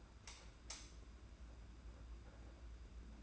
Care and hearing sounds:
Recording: daily activity, microphone in the room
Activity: light on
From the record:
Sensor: 2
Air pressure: 991.8 hPa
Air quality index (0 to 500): 229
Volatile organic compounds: 1000 ppm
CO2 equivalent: 7679 ppm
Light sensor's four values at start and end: 11/27/11/11 and 16/45/18/17

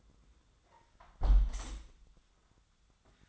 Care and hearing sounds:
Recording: daily activity, microphone in the room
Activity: close window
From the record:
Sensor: 3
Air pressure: 1004.6 hPa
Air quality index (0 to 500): 76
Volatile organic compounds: 2 ppm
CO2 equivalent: 1137 ppm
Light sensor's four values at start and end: 7/16/6/6 and 7/16/6/6

